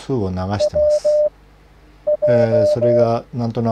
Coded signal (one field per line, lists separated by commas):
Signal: Morse code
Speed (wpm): 16 wpm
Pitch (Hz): 600 Hz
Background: speech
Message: WJ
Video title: モールス信号覚え方 モールス符号を短期間で且つ正確に覚える方法 PART1 JJ1IZW （たった13の語呂合わせで覚える新合調法の紹介）